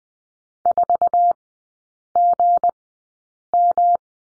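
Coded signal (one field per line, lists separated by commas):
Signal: Morse code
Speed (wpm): 20 wpm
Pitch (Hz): 700 Hz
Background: none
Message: 4GM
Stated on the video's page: Morse code course lesson on the number 9 in three-character groups, at Farnsworth speed of 20/10 wpm.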